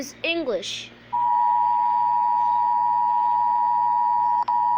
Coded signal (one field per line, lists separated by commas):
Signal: Emergency Alert System (SAME) tones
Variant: 853 and 960 Hz attention tone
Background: speech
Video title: Rating Eas alarm From different countries